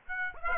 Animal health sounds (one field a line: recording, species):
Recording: mosquito wingbeat signal from an infrared sensor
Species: Aedes aegypti